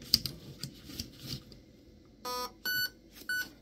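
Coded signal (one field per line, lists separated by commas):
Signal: beep code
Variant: Raven Evolution Furion ETU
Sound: faint clicks, a short buzzy tone, then two short high electronic beeps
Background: handling clicks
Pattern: 2 short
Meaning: Two beeps indicate the trigger is set to semi-auto firing mode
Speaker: that two beeps means that I'm in semi firing mode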